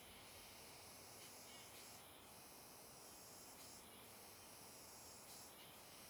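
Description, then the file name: Cicada giving a continuous high hissing buzz, with brighter swells pulsing at intervals over steady background noise. Cicada with an unusual sound, recorded on a riverbank. "Cigarra com Som Diferente na Beira do Rio"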